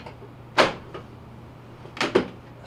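The front panel of a Whirlpool front-load washer is set down onto its mounting in the cabinet and pushed until its clips snap into place. Sharp plastic-like snaps are heard at 0.6 s and 2.0 s, with a fainter knock near 1.0 s and a second snap just after at 2.2 s, over a low steady hum. The panel is seated.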